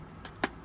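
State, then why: Seated. Plastic clips on a Harley-Davidson Cardo communicator mount on a modular motorcycle helmet are pushed closed so the intercom unit is held secure. A faint tap comes at 0.3 s, then a sharp, louder click at 0.4 s as the clip seats, over a low steady hum.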